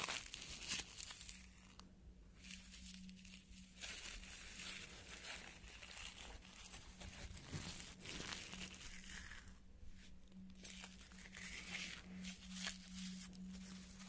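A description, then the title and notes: Hair being rolled makes a dense, continuous crinkling and rustling with brief quieter pauses around two and ten seconds, over a faint steady low hum. Hair roll.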